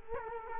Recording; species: mosquito wingbeat signal from an infrared sensor; Culex quinquefasciatus